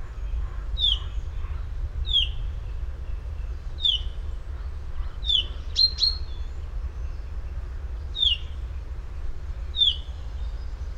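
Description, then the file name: Common chaffinch giving short, sharp downslurred call notes, repeated at intervals, over a steady low rumble of background noise. "Fringilla coelebs"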